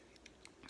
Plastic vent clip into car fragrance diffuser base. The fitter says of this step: through one of those holes and you can hear it snapped right in